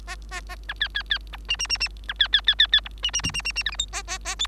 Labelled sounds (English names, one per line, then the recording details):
Bengalese Finch song
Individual Bird3